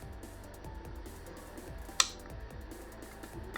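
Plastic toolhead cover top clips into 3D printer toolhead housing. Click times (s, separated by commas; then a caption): 2.0 s. The plastic toolhead cover goes back onto a Bambu Lab A1 Mini 3D printer toolhead during a filament sensor install, with its two top clips pressed into the housing. A single sharp snap at 2.0 s marks the top clips seating over quiet background music, followed by a couple of faint ticks. The cover's top clips are snapped in place.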